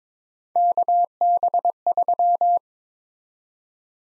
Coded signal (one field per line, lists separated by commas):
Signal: Morse code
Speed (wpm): 22 wpm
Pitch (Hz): 700 Hz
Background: none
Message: KB3